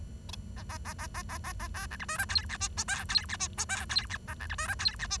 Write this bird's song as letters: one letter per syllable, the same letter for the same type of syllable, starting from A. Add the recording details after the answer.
A A A A A A A A B C D E F G H I J K G H I J K G H A C D E F G H I. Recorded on 23 June 2012 at 07:52. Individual gr41rd51